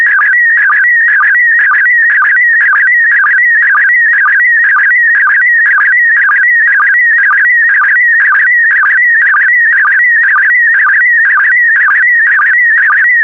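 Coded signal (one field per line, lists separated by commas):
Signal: SSTV (slow-scan television)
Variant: PD120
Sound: warbling whistle-like tone with a steady rhythmic chirp twice per second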